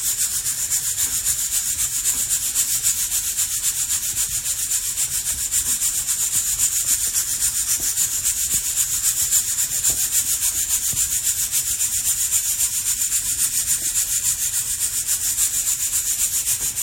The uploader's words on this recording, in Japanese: 今朝は”グアテマラSHB”を焙煎。